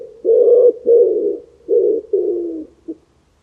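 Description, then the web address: Bird giving low, hoarse cooing notes: four drawn-out coos in quick succession, then a brief final note, with nothing else heard. "cianscape. Deverinetal. Bird Only"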